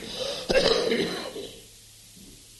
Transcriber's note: coughs